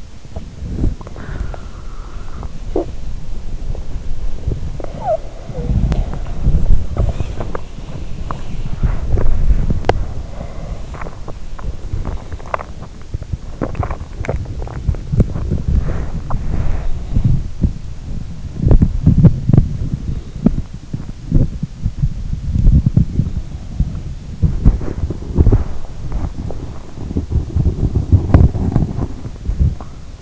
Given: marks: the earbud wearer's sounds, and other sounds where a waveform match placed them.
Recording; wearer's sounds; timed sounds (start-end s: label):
sounds in sleep by an in-ear microphone; body movement, cough or throat clearing or sniffle, talking in sleep, breath, teeth grinding, swallowing
0.00-30.22 s: body movement
2.59-2.99 s: cough or throat clearing or sniffle
4.84-5.83 s: talking in sleep
10.29-10.84 s: breath
11.19-12.81 s: teeth grinding
13.41-14.66 s: swallowing
15.72-16.91 s: breath